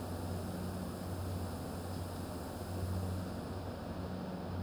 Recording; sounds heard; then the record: poultry house recording; no chicken sound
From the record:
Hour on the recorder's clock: 23